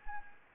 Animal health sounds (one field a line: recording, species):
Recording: mosquito wingbeat signal from an infrared sensor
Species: Anopheles gambiae